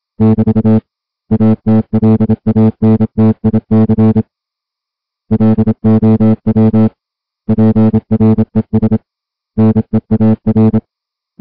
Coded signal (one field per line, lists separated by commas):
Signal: Morse code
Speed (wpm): 27 wpm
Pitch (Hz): 220 Hz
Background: music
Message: <BT> ATLANTIC LOW PRES NEAR